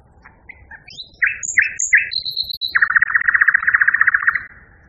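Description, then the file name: Common nightingale song: a few chirps, three short rasping bursts, a high whistle, then a long rich churring trill. Song variation. "kicauan nightingale b variasi. omkicau"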